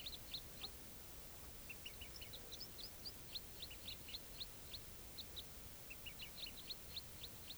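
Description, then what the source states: Crossbill flight calls: many short, sharp chipping notes in loose clusters from several birds. Wild crossbills, quite a few birds, flying over from one grove to another without stopping.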